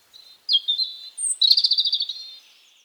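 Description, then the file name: European robin song phrase: high thin whistled notes followed by a rapid jangling trill, with a brief very high squeak in the middle. "Erithacus rubecula"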